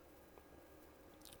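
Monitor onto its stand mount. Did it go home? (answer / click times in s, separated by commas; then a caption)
yes / 1.3 s. A monitor is lifted and pushed down onto its stand base. After a faint tap at 0.4 s, two sharp, bright clicks at 1.3 s and 1.3 s mark it snapping into place, firmly connected.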